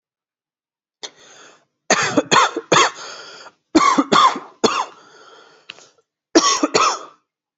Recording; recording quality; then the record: heavy voluntary cough; excellent, no background noise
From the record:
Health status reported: exposed to COVID-19, no respiratory illness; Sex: male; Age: 20 years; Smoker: no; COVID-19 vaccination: both doses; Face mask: not worn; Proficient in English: yes